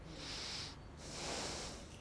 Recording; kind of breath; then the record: one breath in and out by a microphone near the nose and mouth; deep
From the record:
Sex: male